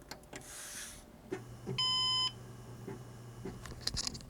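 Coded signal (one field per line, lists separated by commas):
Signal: beep code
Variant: Synology NAS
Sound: a single half-second electronic beep amid faint clicks and room noise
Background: faint hum and clicks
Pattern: 1 long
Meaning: The NAS is powering on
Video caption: 파워 온 삑~(비프음 off 가능) 추억의 소리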